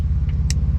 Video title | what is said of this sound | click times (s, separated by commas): How to install Bluetooth Music Streaming in 2007-2013 Suburban, Tahoe, Escalade, Yukon, Denali: EASY | You want to make sure everything is plugged in nice. You hear that click, and then we will plug in | 0.5 s